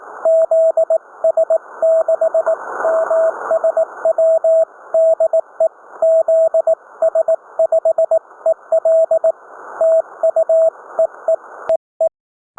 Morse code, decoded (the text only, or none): ZS6MSW DE ZS5EL TU EEEE